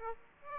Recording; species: mosquito wingbeat signal from an infrared sensor; Aedes aegypti